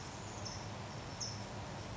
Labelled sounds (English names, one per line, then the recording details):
California Towhee
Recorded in Sonoma County, California